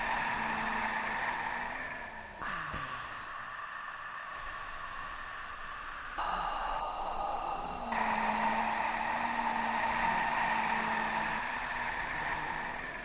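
Breath sounds made with the mouth, a continuous airy hiss with no voiced tone. The hiss shifts in colour every second or two, brightening and darkening as the mouth shape changes, with a brief thinner, quieter stretch around four seconds before it returns fuller and steady.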